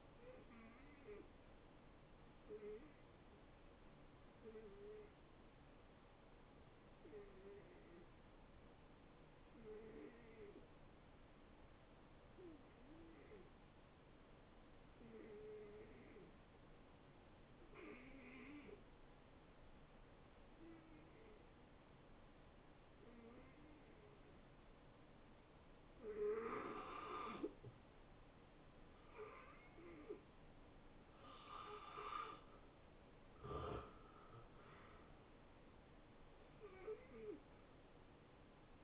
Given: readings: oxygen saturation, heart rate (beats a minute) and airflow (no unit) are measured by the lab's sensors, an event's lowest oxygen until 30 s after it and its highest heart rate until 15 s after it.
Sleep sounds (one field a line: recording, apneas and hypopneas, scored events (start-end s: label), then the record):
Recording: breathing in sleep by a voice recorder at the bedside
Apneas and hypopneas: 1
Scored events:
2.00-38.84 s: new sleep stage, N2 (light sleep)
6.00-32.50 s: hypopnea (N2, oxygen 90% highest, then 80% lowest, heart rate 81 at the start, 81 highest)
From the record:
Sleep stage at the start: N1 (lightest sleep)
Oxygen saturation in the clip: 80 to 90%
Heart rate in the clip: 69 to 81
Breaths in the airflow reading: 10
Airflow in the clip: -17.0 to 7.7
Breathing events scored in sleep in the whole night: 263 in 5.5 hours asleep